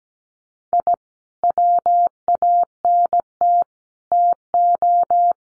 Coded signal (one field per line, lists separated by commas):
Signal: Morse code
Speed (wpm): 17 wpm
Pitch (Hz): 700 Hz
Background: none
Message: I WANT TO